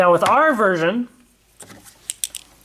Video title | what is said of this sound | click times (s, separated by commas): Deluxe Legendary Morpher Review [Power Rangers Super Megaforce] | no sound when it clicks in but when you turn it it makes a clicking in sound and then we have our sound | 2.1 s, 2.2 s